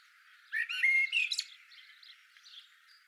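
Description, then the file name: Eurasian blackbird phrase lasting about a second, a short run of clear whistled notes ending in a squeaky high flourish, then faint scratchy sounds and hiss. "Turdus merula"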